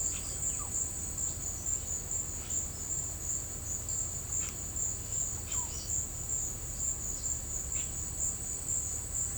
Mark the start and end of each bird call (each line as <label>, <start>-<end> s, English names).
Russet-backed Oropendola, 0.06-0.70 s
Russet-backed Oropendola, 5.33-5.74 s
Russet-backed Oropendola, 7.63-8.03 s